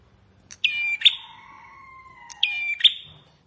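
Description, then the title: Bar-winged prinia song: two buzzy phrases with a steady high whistle, while another bird's long, slowly falling whistles run between them. "Ciblek Sawah"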